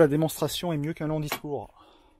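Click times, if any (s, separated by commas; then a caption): none. Someone talks while a hatch or panel in a converted 2020 Font Vendôme Forty Van 4x4 is handled, about to be clipped into its retaining clip for safety. The talking fades into a quiet stretch of faint background noise. Nothing has seated or clicked yet.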